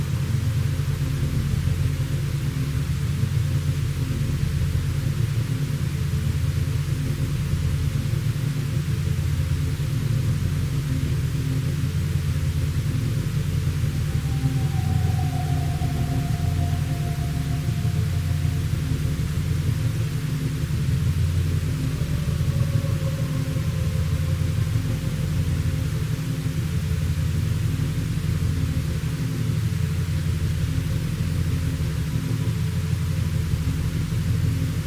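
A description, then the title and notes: Binaural beats hum under a steady wash of white noise, with dense low tones that pulse in a slow, regular pattern. Around fifteen seconds and again near twenty-three, a faint gliding tone slides in the middle range, then fades. Anxiety Reduction With 9' Binaural Beats and White Noise.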